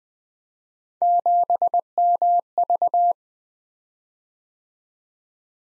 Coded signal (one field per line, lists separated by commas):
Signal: Morse code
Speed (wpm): 20 wpm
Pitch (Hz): 700 Hz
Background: none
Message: 7MV